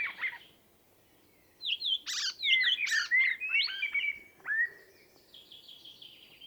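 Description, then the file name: Common blackbird song: a burst of rich, fluted whistles and sharp high squeaks after a quiet pause, fading into thin, scratchy twittering at the end. "Turdus merula"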